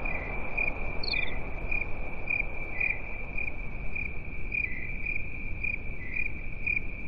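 Cricket chirping with steady, regular short pulses on one pitch over a broad hiss of low noise, with a brief higher twittering note near the start.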